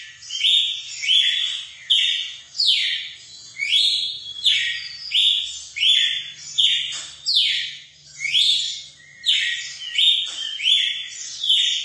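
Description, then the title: Red-cowled cardinal song: loud slurred whistled phrases, rising and falling, repeated in a brisk series roughly every three-quarters of a second. Female singing, used to stimulate and excite a male bird. "Canto Galo Campina Fêmea. ESQUENTAR SEU GALO CAMPINA CANTO DO GALO DE CAMPINA"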